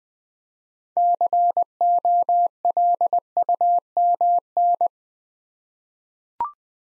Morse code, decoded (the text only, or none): COLUMN